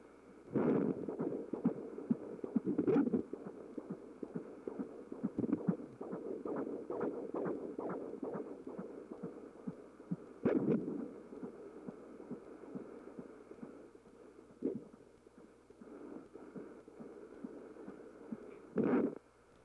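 Rapid, soft rhythmic pulsing runs through a steady hum, broken by several loud scraping bursts from probe movement. This is a normal fetal heartbeat heard by Doppler at 15 weeks of pregnancy.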